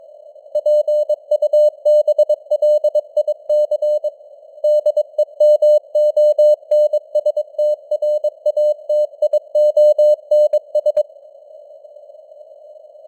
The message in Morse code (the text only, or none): PUBLIC DEMONSTRATIONS